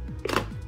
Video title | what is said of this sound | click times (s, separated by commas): Cooking Tips for The Blind | Oh, there it goes, and I clicked. | 0.4 s